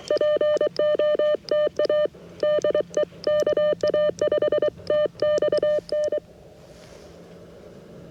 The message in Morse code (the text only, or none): POTA DE KA5TXN